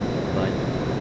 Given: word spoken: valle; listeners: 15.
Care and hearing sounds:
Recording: one Spanish word in noise, from a listening test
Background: speech-shaped noise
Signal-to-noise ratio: -6.9 dB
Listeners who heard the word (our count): 0 of 15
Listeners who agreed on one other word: 8 of 15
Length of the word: 0.60 s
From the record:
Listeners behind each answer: 8, 4, 1, 1, 1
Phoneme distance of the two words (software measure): 24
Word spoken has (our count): 2 syllables, 4 phonemes, stress on syllable 1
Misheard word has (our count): 2 syllables, 4 phonemes, stress on syllable 1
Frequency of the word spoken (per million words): 50.16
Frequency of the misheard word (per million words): 44.64

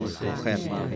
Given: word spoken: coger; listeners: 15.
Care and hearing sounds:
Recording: one Spanish word in noise, from a listening test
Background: eight-talker babble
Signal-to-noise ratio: -1.0 dB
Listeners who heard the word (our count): 2 of 15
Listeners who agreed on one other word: 8 of 15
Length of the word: 0.56 s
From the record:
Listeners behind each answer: 8, 2, 1, 1, 1, 1, 1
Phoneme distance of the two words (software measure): 20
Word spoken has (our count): 2 syllables, 5 phonemes, stress on syllable 2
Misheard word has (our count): 2 syllables, 5 phonemes, stress on syllable 2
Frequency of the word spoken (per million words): 13.98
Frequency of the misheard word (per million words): 405.98

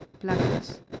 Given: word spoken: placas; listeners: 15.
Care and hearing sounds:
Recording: one Spanish word in noise, from a listening test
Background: noise modulated by one talker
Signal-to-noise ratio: -7.3 dB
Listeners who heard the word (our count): 1 of 15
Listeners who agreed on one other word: 9 of 15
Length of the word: 0.60 s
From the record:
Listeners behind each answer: 9, 2, 1, 1, 1, 1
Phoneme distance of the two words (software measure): 17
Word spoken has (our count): 2 syllables, 6 phonemes, stress on syllable 1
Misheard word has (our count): 2 syllables, 7 phonemes, stress on syllable 1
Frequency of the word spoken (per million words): 15.17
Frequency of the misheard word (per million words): 72.03

